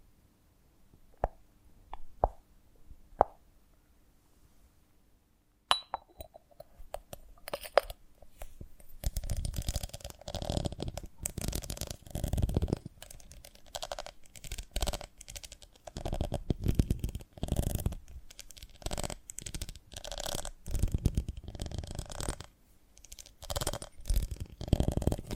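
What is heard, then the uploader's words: Sticky, wet crackling from a honeycomb on a branch, starting with a few sparse clicks and taps over quiet for the first six seconds. After that the sound thickens into dense squelching, popping and tearing bursts that continue irregularly, with heavier low thuds, to the end. ASMR of a Honeycomb on Branch (No Talking).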